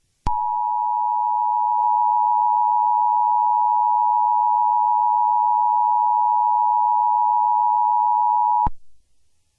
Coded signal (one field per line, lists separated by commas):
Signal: Emergency Alert System (SAME) tones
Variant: 853 and 960 Hz attention tone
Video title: Tornado Emergency on Long Island (EAS SCENARIO) #easalarm #easalert #easscenario #warning